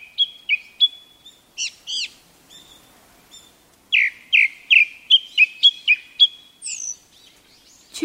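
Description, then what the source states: Japanese thrush singing a phrase of repeated clear whistled notes, then a quick run of several fluty notes, with a high thin note near the end. Japanese thrush at Togatta Onsen, Miyagi Prefecture, Japan.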